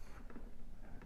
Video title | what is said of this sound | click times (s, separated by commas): LI-8100A Communication Options | Make sure to tighten that. And you should hear it click. | 0.3 s